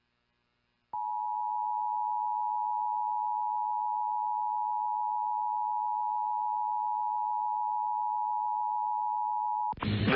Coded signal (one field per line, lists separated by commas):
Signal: Emergency Alert System (SAME) tones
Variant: 853 and 960 Hz attention tone